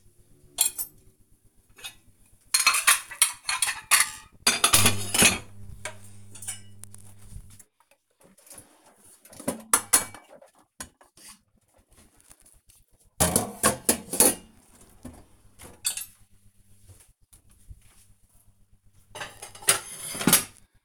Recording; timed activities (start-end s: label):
household activities, microphone on the right wrist
0.00-20.85 s: cleaning out the dishwasher